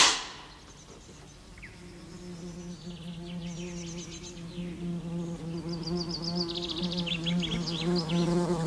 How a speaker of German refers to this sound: Weg da! Es ist Wespenhochsaison.